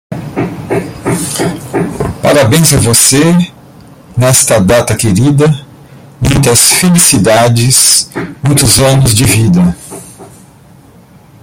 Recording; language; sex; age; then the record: short text; Brazilian Portuguese; male; 50 to 59 years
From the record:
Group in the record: control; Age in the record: 59 years